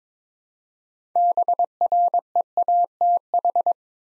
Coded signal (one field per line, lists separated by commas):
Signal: Morse code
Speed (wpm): 21 wpm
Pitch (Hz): 700 Hz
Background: none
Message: BREATH